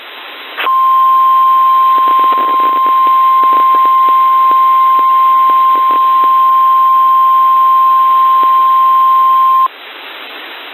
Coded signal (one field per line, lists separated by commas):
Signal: Emergency Alert System (SAME) tones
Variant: 1050 Hz attention tone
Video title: [EAS] NWS Spokane Required Weekly Test - WXM48 162.475 - 11:28 PDT 2026-06-10